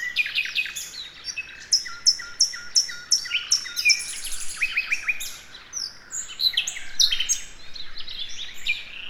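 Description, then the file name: Common nightingale in full song, with an almost unbroken stream of sharp chirps, rapid repeated notes and changing phrases. "Luscinia megarhynchos"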